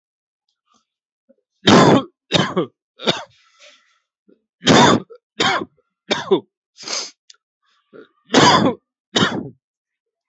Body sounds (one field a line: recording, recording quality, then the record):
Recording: heavy voluntary cough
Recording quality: excellent, no background noise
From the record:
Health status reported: healthy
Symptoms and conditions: diabetes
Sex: male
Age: 42 years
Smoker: not ticked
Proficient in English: yes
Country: India